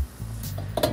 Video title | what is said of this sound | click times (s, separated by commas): BURNED UP HEMI ENGINE IS FULL OF SURPRISES: CAN IT BE SAVED? | Snap into place right there. | 0.8 s